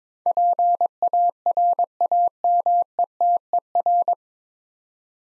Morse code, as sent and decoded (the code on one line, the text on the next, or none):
.--. .- .-. .- -- . - . .-.
PARAMETER